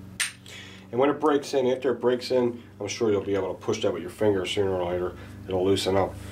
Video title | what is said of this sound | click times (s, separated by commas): Ruger SR9c Talo Editon | Just push till it clicks. | 0.2 s